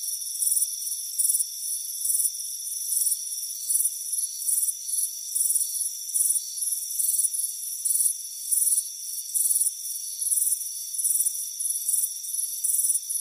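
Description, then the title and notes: High cricket chirps in rapid pulsed bursts repeating over an unbroken shrill tone. Crickets chirping on a warm afternoon, front porch. "Soothing Crickets Chirping Sound. It's a warm afternoon as you relax in a hammock on the front porch. Relax and fall asleep to the soothing sound of chirping crickets. Deep Sleep Sounds"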